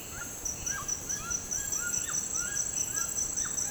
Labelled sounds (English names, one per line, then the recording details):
White-throated Toucan
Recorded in secondary vegetation near Puerto Asís, Putumayo, Colombia, on 25 June 2025 at 09:30
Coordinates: 0.484, -76.319
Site G074